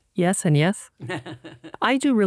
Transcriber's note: laughs